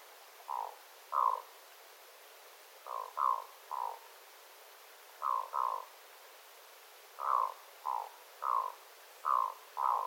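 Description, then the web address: Black-throated loon giving short croaking calls, often in pairs, repeated in irregular bursts. Adult birds calling, recorded 9 September 2025. "paivat 9 9 2025 aikuisten kuikkien aantelya aika hyva"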